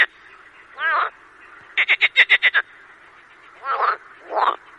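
Marsh frog croaking: a short rattling croak, then a fast burst of several pulsed croaks, followed by two more rattling croaks.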